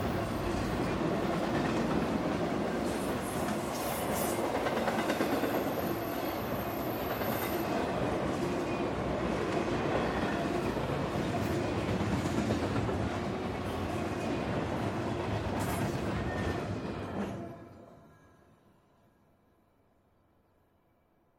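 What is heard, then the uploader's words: A long freight train rumbles past, steady dense roar with rattling wheels and a brief high squeal, then fades abruptly to quiet near the end. A long freight train recorded in Columbia Hills State Park, Washington, right on the Columbia Gorge. The trains here are frequent, long, running at full speed. This train was recorded at with a tight mid-side pattern, hoping to get come good clatter. Mid: MKH8060 side: MKH30 recorder: SD702. Freight train - Columbia Hills State Park.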